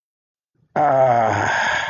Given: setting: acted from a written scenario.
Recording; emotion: vocal sound without words; serenity